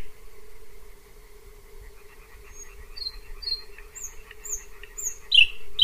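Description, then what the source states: Thrush Nightingale phrases after a quiet start: two soft falling whistles, higher piping notes, then loud ringing elements at the end, against a continuous low droning hum. Singing close by around midnight in June, on a dirt road with trees and shrubs among meadows, fields and marshes between Pyzdry and Zagórów, Poland; complex song, varied repertoire, repeated elements.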